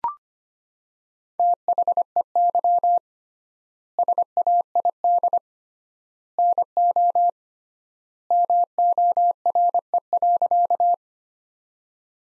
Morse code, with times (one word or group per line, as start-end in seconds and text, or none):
1.4-3.0 THEY
4.0-5.4 SAID
6.4-7.3 NO
8.3-10.9 MORE.